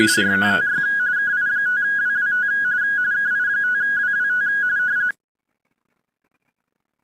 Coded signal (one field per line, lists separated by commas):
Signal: RTTY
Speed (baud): 45.45 baud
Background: speech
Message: RTTY KI5WWT KI5WWT